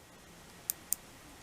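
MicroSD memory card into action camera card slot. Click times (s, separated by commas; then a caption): 0.7 s, 0.9 s. A microSD memory card is pushed into an action camera's card slot with a small tool until it clicks and latches. Two short, sharp clicks are heard at 0.7 s and 0.9 s over quiet background noise. The card is seated in the slot.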